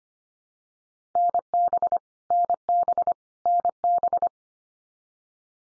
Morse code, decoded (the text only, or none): NB NB NB